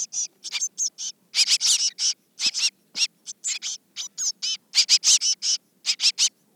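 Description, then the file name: Eurasian blue tit giving clusters of high, sharp chirps in irregular bursts, with short silent pauses between groups. "Cyanistes caeruleus"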